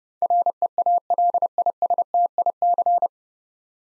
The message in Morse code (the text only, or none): REALISTIC